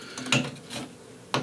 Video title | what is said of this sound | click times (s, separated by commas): Ender 7 3D Printer from Creality Review | and it just snaps into place | 1.3 s